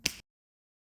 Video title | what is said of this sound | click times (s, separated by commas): How to use your myAirvo™ 2 system | attach the interface to the air spiral tube by simply pushing the two connectors together until you hear a click | 0.1 s